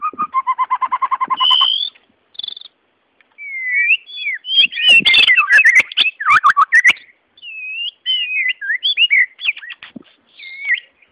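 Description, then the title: White-rumped Shama singing: opens with a fast stuttering trill, then varied clear whistles, slurred notes and crisp clicks in separated phrases. "murai batu"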